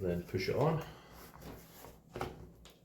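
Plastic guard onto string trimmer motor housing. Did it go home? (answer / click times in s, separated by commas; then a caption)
yes / 2.2 s. A plastic trimmer guard, with its arrows lined up, is pushed onto the motor housing of a Worx string trimmer while someone talks. A short, sharp click at 2.2 seconds marks the guard seating into place.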